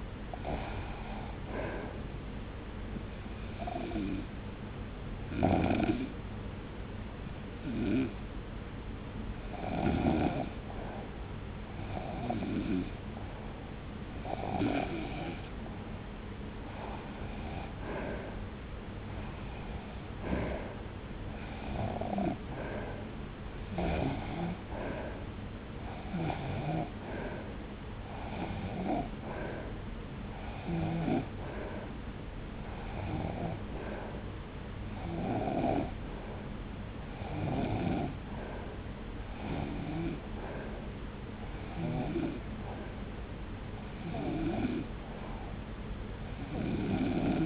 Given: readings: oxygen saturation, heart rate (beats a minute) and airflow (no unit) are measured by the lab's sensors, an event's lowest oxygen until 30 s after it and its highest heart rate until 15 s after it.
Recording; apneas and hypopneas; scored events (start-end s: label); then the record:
breathing in sleep by a voice recorder at the bedside; 1
4.00-17.30 s: hypopnea (REM, oxygen 93% highest, then 90% lowest)
From the record:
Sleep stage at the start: REM sleep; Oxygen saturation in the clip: 88 to 95%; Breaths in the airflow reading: 19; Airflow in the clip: -1.1 to 1.9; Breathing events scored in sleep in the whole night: 335 in 6.7 hours asleep